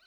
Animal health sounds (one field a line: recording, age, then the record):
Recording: pig call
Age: piglet (1 to 25 days)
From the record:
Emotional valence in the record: positive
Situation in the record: short reunion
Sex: male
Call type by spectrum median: high-frequency call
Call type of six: low-frequency tonal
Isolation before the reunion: 3 minutes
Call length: 0.07 s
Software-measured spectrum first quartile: 1496 Hz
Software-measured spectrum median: 2665 Hz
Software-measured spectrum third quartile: 4061 Hz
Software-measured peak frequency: 1518 Hz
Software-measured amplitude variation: 17 dB a second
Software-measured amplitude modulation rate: 7.5 a second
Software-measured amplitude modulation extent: 2.3 dB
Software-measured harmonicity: 7.1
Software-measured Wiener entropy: -1.76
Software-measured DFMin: 636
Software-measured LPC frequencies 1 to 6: 867, 1500, 2310, 2997, 4010, 4394 Hz